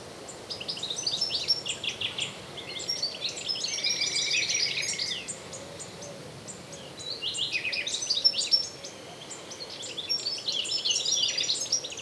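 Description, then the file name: European goldfinch twittering, bright tinkling chirps and short buzzy notes in rambling bursts throughout, with a faint steady background hiss. "Carduelis carduelis"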